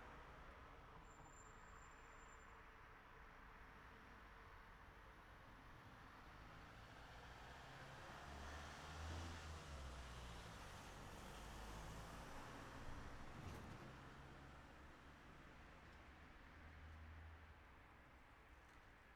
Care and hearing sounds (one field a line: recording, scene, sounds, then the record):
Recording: everyday scene through a hearing-aid microphone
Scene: in traffic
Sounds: traffic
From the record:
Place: city secondary road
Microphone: behind the ear, right, front